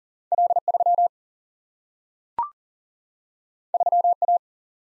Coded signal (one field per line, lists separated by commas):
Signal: Morse code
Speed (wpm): 42 wpm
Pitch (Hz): 700 Hz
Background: none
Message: L3 3A